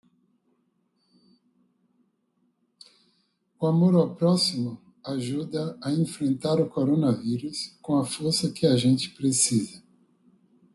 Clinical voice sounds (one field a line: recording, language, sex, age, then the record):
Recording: spoken sentence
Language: Brazilian Portuguese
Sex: male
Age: 50 to 59 years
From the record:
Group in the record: control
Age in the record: 58 years